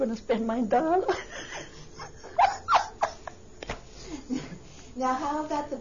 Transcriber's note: she laughs